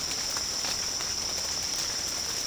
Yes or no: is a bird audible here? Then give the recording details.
no. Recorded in pastures near Puerto Asís, Putumayo, Colombia, on 30 June 2025 at 13:00. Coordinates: 0.496, -76.326. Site GP01